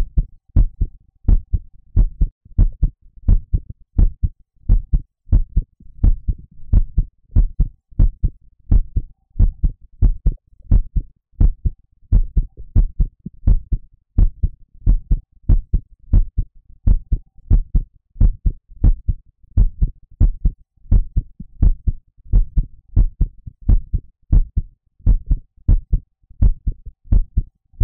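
An adult's heartbeat, heard up close.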